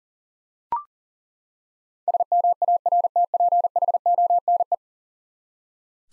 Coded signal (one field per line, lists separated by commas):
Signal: Morse code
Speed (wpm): 40 wpm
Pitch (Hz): 700 Hz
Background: none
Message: SMARTPHONE